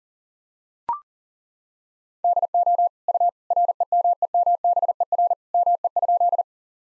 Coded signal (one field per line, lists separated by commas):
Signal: Morse code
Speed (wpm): 37 wpm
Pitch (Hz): 700 Hz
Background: none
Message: DO U REMEMBER ME?